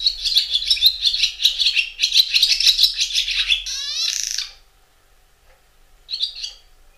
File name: Golosa ptic - Derevenskaya lastochka Hirundo rustica